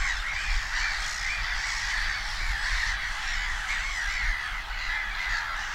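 Black-headed gull calls, harsh grating notes blending into a steady flock chorus, with constant low rumbling background noise throughout.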